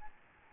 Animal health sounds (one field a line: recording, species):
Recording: mosquito wingbeat signal from an infrared sensor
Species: Aedes albopictus